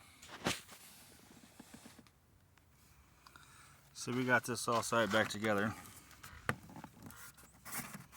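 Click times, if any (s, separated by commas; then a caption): 6.5 s. A metal retaining ring is pressed onto the lock cylinder of a Nitro door handle during reassembly, with handling noises and someone talking. A sharp snap is heard at 6.5 s, but the ring only partly snaps in, not all the way on the bottom.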